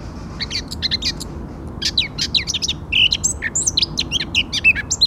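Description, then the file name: Eurasian blackcap song, a rapid, varied warble of bright chirping and whistled notes. "Sylvia atricapilla"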